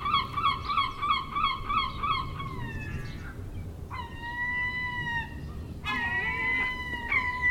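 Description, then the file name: Gull calls: a quick string of nasal yelps, then long flat wailing cries held for about a second each, with a low hum behind. Recorded 10 August 2006. "20060810 Seagulls"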